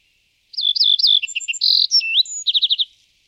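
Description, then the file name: Little bunting song: a short, high phrase of slurred notes and a buzzy note, ending in a quick trill of about five notes. "Canto do escrevedeira pigmeia"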